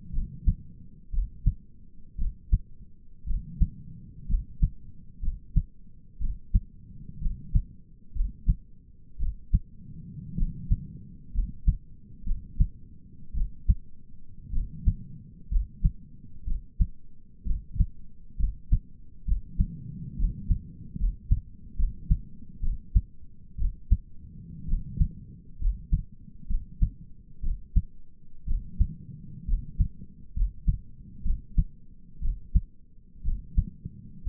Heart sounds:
heart sounds by stethoscope; 62 bpm
0.14 s: heartbeat
1.13 s: heartbeat
2.19 s: heartbeat
3.27 s: heartbeat
4.29 s: heartbeat
5.23 s: heartbeat
6.21 s: heartbeat
7.22 s: heartbeat
8.16 s: heartbeat
9.20 s: heartbeat
10.38 s: heartbeat
11.35 s: heartbeat
12.26 s: heartbeat
13.35 s: heartbeat
14.53 s: heartbeat
15.51 s: heartbeat
16.47 s: heartbeat
17.46 s: heartbeat
18.39 s: heartbeat
19.27 s: heartbeat
20.19 s: heartbeat
20.99 s: heartbeat
21.78 s: heartbeat
22.63 s: heartbeat
23.59 s: heartbeat
24.69 s: heartbeat
25.61 s: heartbeat
26.50 s: heartbeat
27.43 s: heartbeat
28.48 s: heartbeat
29.48 s: heartbeat
30.36 s: heartbeat
31.25 s: heartbeat
32.22 s: heartbeat
33.25 s: heartbeat
34.26 s: heartbeat
From the record:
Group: healthy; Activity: rest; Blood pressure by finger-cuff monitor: 106/67 mmHg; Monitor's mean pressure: 80 mmHg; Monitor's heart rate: 61 bpm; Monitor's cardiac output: 5.5 L/min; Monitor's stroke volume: 90 mL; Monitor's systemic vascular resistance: 1050 dyn s/cm5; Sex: male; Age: 22 years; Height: 181 cm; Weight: 79 kg

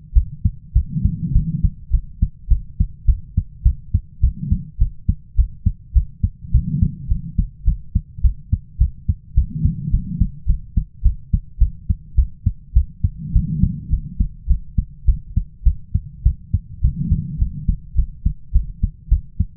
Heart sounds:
heart sounds by stethoscope; 104 bpm
0.13 s: heartbeat
0.73 s: heartbeat
1.32 s: heartbeat
1.91 s: heartbeat
2.48 s: heartbeat
3.06 s: heartbeat
3.63 s: heartbeat
4.21 s: heartbeat
4.78 s: heartbeat
5.36 s: heartbeat
5.93 s: heartbeat
6.52 s: heartbeat
7.08 s: heartbeat
7.64 s: heartbeat
8.22 s: heartbeat
8.78 s: heartbeat
9.34 s: heartbeat
9.91 s: heartbeat
10.46 s: heartbeat
11.02 s: heartbeat
11.58 s: heartbeat
12.15 s: heartbeat
12.73 s: heartbeat
13.33 s: heartbeat
13.90 s: heartbeat
14.47 s: heartbeat
15.05 s: heartbeat
15.63 s: heartbeat
16.23 s: heartbeat
16.81 s: heartbeat
17.39 s: heartbeat
17.95 s: heartbeat
18.52 s: heartbeat
19.09 s: heartbeat
From the record:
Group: healthy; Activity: cold pressor test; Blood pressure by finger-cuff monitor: 110/78 mmHg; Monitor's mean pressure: 91 mmHg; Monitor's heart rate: 104 bpm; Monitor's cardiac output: 8.2 L/min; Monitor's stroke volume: 79 mL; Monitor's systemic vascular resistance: 820 dyn s/cm5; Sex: female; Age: 22 years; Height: 157 cm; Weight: 47.6 kg

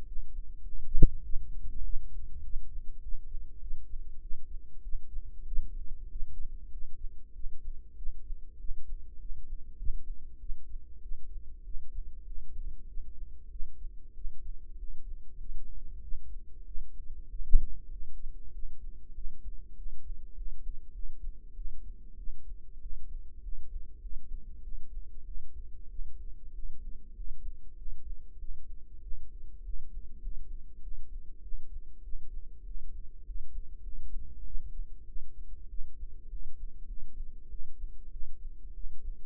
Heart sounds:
heart sounds by microphone in the right ear; 98 bpm
0.05 s: heartbeat
0.61 s: heartbeat
1.23 s: heartbeat
1.83 s: heartbeat
2.42 s: heartbeat
3.01 s: heartbeat
3.60 s: heartbeat
4.20 s: heartbeat
4.82 s: heartbeat
5.45 s: heartbeat
6.09 s: heartbeat
6.70 s: heartbeat
7.33 s: heartbeat
7.95 s: heartbeat
8.58 s: heartbeat
9.18 s: heartbeat
9.75 s: heartbeat
10.38 s: heartbeat
11.00 s: heartbeat
11.63 s: heartbeat
12.24 s: heartbeat
12.86 s: heartbeat
13.49 s: heartbeat
14.14 s: heartbeat
14.77 s: heartbeat
15.37 s: heartbeat
16.01 s: heartbeat
16.64 s: heartbeat
17.28 s: heartbeat
17.89 s: heartbeat
18.52 s: heartbeat
19.13 s: heartbeat
19.75 s: heartbeat
20.34 s: heartbeat
20.92 s: heartbeat
21.54 s: heartbeat
22.16 s: heartbeat
22.79 s: heartbeat
23.41 s: heartbeat
23.99 s: heartbeat
24.61 s: heartbeat
25.24 s: heartbeat
25.88 s: heartbeat
26.52 s: heartbeat
27.13 s: heartbeat
27.75 s: heartbeat
28.37 s: heartbeat
29.00 s: heartbeat
29.62 s: heartbeat
30.19 s: heartbeat
30.80 s: heartbeat
31.41 s: heartbeat
32.01 s: heartbeat
32.63 s: heartbeat
33.23 s: heartbeat
33.81 s: heartbeat
34.43 s: heartbeat
35.05 s: heartbeat
35.67 s: heartbeat
36.28 s: heartbeat
36.85 s: heartbeat
37.48 s: heartbeat
38.10 s: heartbeat
38.72 s: heartbeat
From the record:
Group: healthy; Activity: rest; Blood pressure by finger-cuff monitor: 111/75 mmHg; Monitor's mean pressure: 86 mmHg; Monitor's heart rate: 97 bpm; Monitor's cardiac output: 7.9 L/min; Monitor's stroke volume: 80 mL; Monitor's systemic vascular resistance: 800 dyn s/cm5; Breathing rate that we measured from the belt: 20 breaths a minute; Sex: female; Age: 19 years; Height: 163 cm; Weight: 51 kg

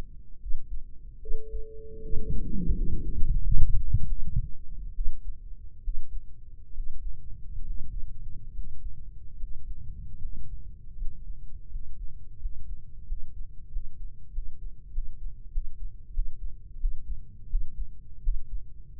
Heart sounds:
heart sounds by microphone in the right ear; 81 bpm
0.38 s: heartbeat
1.18 s: heartbeat
2.00 s: heartbeat
2.74 s: heartbeat
3.40 s: heartbeat
4.05 s: heartbeat
4.94 s: heartbeat
5.82 s: heartbeat
6.72 s: heartbeat
7.62 s: heartbeat
8.50 s: heartbeat
9.35 s: heartbeat
10.16 s: heartbeat
10.94 s: heartbeat
11.67 s: heartbeat
12.37 s: heartbeat
13.04 s: heartbeat
13.68 s: heartbeat
14.30 s: heartbeat
14.90 s: heartbeat
15.50 s: heartbeat
16.11 s: heartbeat
16.78 s: heartbeat
17.47 s: heartbeat
18.21 s: heartbeat
19.00 s: heartbeat
From the record:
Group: healthy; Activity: breath hold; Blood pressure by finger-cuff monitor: 101/65 mmHg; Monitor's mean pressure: 76 mmHg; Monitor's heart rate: 75 bpm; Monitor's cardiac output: 5.9 L/min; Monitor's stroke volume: 71 mL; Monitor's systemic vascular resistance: 940 dyn s/cm5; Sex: female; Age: 23 years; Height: 160 cm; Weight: 50.4 kg

